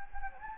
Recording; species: mosquito wingbeat signal from an infrared sensor; Anopheles gambiae